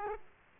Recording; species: mosquito wingbeat signal from an infrared sensor; Aedes aegypti